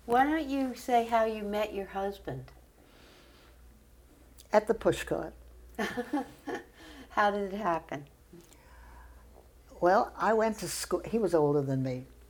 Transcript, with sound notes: Why don't you say how you met your husband?
At the pushcart.
[chuckles] How did it happen?
Well, I went to sch — he was older than me.